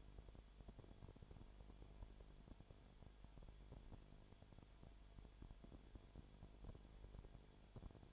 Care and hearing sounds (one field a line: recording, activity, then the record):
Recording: daily activity, microphone in the room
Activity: no activity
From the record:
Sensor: 5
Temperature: 19.9 degrees Celsius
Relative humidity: 37.1%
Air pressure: 1007.4 hPa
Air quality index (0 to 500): 84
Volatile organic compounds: 1 ppm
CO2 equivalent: 965 ppm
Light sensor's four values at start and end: 2/3/1/1 and 2/3/1/1